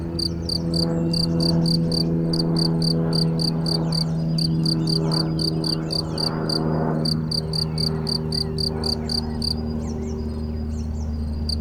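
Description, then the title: Cricket chirping loudly and rapidly in a steady run of high pulses, pausing near the end, over a low continuous hum. Single cricket, among the first crickets of the season, heard intermittently for a few days, Chindrieux, France. "Chindrieux, France - grillon seul"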